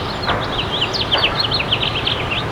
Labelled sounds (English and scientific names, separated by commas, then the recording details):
House Finch (Haemorhous mexicanus) song
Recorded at Bay Shore on Long Island, New York, on 29 May 2013
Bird E